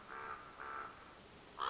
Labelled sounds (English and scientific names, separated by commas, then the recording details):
Common Raven (Corvus corax)
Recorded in Sonoma County, California